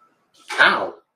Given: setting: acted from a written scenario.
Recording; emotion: vocal sound without words; pain